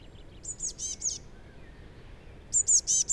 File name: Cyanistes caeruleus